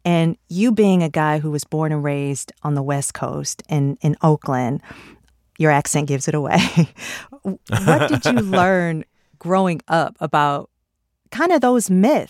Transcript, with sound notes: And you, being a guy who was born and raised on the West Coast in Oakland - your accent gives it away.
(Laughter).
What did you learn growing up about kind of those myths?